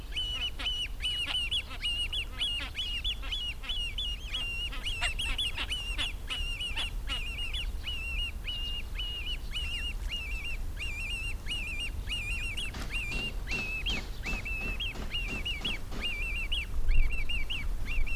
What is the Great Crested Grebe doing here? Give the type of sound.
call